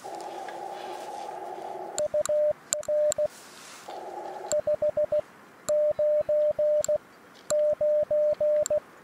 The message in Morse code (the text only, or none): UN 599